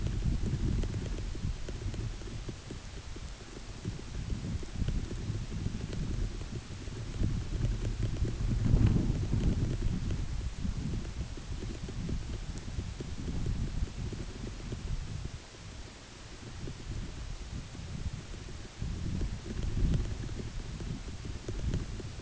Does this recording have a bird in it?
no